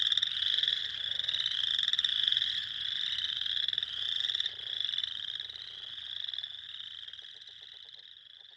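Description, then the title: Spring peepers giving rapid high peeps in a thick chorus that gradually grows quieter toward the end, with a few soft low sounds. Recorded 6 April 2021. "2021-04-06-Spring-Peepers"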